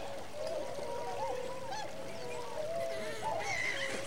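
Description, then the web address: Waterfowl calls, a flock giving overlapping honks and wavering nasal notes, steady and continuous. Winter migrant waterfowl. "BBC Sound Effects Library (Animals Birds) Winter migrant waterfowl"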